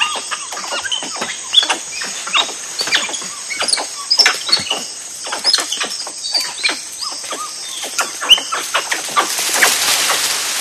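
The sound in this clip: Tufted capuchin chattering, busy squeaks and clucking cries, ending in a hiss of noise, with insects droning high throughout.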